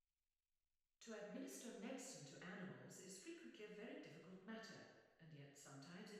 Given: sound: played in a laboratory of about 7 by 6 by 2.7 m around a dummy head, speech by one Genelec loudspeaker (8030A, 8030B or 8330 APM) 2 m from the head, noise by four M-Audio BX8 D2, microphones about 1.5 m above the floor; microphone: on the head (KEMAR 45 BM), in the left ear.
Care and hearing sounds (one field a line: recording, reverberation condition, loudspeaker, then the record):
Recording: female speech in English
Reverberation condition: high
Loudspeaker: behind (180 degrees)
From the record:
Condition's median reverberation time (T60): about 1300 ms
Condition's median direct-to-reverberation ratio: about -4.0 dB